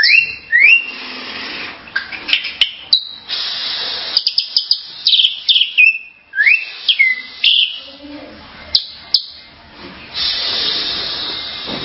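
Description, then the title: Starling singing a varied, busy phrase of rising whistles, sharp chips and harsh squeaks, delivered in quick irregular bursts with short pauses between them. "Kicau Burung Jalak"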